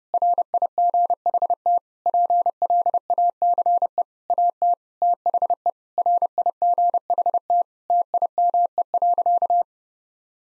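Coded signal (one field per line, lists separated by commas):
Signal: Morse code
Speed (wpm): 30 wpm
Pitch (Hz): 700 Hz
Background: none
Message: RIGHT PLACE AT THE RIGHT TIME.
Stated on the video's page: Morse code sentence copying practice at 30 wpm built from common nine-word phrases; each sentence is sent in Morse, then spoken, then sent again.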